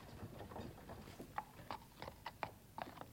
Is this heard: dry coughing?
no